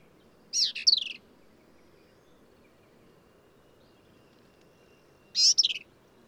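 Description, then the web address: Black-capped vireo song: two brief, harsh, warbled phrases, one near the start and one near the end, separated by several seconds of near silence. "birdsongforthecurious Black-capped Vireo"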